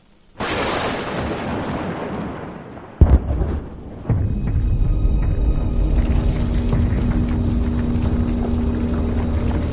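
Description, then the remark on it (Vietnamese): A sudden loud explosion from inside a forest crashes in and decays into a hissing roar, then a second heavy boom hits as the ground shakes, giving way to a steady deep rumble with a droning hum beneath it. “Và rồi một tiếng nổ kinh hồn lại vang lên từ bên trong khu rừng.”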